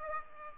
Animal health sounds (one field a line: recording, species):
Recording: mosquito wingbeat signal from an infrared sensor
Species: Aedes aegypti